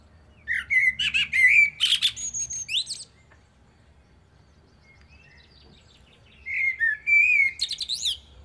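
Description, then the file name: Common blackbird delivering two rich, warbled phrases. Each has fluted notes that break into high, chattering squeaks, with several seconds of quiet between them. "Turdus merula"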